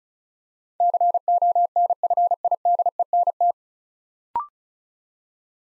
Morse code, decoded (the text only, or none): CONFIDENT